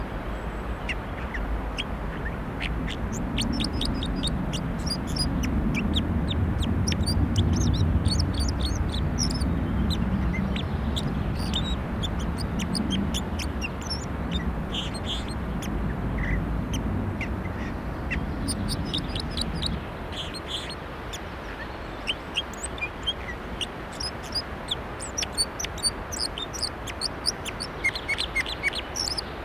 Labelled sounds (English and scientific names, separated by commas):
Red Crossbill (Loxia curvirostra) song